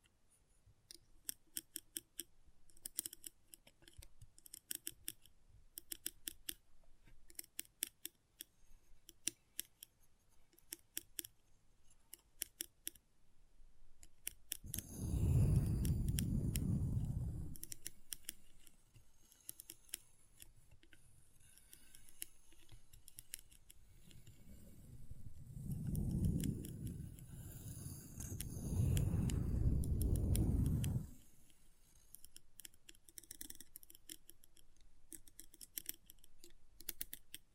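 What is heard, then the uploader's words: Intense magnetic tingles: rapid, dense crisp clicks and snips throughout, with deep rumbling swells around fifteen seconds and again near twenty-six to thirty. ASMR Intense Magnetic Tingles (No Talking).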